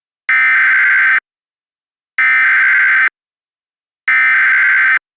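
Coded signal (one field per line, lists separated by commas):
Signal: Emergency Alert System (SAME) tones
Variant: header bursts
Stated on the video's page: Reenactment mock of a real overnight flash flood warning, simulated with valid EAS tones.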